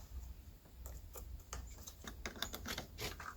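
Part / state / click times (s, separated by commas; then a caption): wiring harness connector onto ignition coil / not seated / none. A wiring harness connector is handled at an ignition coil on the engine of a Dodge Charger 2.7L V6 being fixed for a P0302 misfire, with a series of light tapping and clicking handling sounds between 1.5 and 2.8 seconds. The clip ends just before the connector goes home, so nothing has seated or clicked yet.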